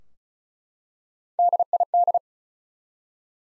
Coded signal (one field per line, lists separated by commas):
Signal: Morse code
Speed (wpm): 34 wpm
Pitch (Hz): 700 Hz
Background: none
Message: DID